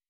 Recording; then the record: hydrophone in a shrimp aquaculture tank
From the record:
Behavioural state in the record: weakened